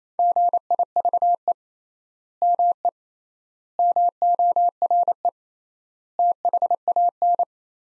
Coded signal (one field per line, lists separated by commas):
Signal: Morse code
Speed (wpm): 28 wpm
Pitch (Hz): 700 Hz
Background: none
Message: GIVE ME MORE THAN